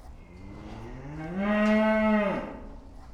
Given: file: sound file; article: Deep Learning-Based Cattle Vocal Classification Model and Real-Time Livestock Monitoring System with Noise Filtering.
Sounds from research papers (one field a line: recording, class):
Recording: cattle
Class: food anticipating call